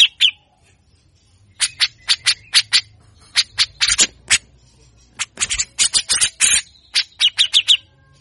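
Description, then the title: Grey-cheeked bulbul pouring out coarse, scraping notes in rapid clusters after a short opening call, with brief tonal phrases and gaps between bursts. Grey-cheeked bulbul singing actively, long-duration, in a harsh rapid style called besetan kasar or mbeset ngotot; used as a training recording for songbirds, meant to provoke other birds. "MASTERAN CUCAK JENGGOT GACOR FULL BESETAN KASAR. Cucak Jenggot Gacor Mbeset Ngotot Pancing Emosi Burung Bahan Bagus Untuk MASTERAN"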